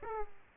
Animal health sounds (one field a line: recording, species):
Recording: mosquito wingbeat signal from an infrared sensor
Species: Aedes aegypti